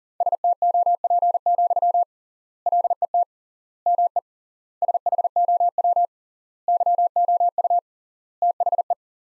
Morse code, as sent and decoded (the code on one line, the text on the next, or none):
... - --- .--. --..-- / .-.. . - / -- . / ... .... --- .-- / -.-- --- ..- / - .... .
STOP, LET ME SHOW YOU THE